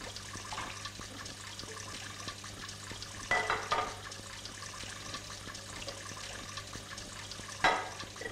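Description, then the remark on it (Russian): Steady running water hisses from a tap while a woman washes plates at a sink in a restaurant dishwashing room, with two brief, louder bursts of clattering and splashing breaking through the constant flow. No one speaks. “у раковины моет тарелки.”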